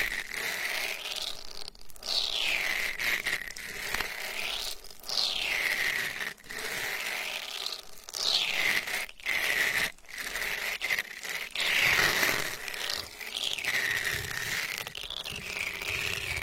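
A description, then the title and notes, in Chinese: A lash brush sweeps across the ear in bristly strokes, each one a dense, bright scratching that rises and falls, roughly every one and a half to two seconds. Brief near-silent gaps separate some strokes, with nothing else in the background. 睫毛刷，刷刷你的小耳朵。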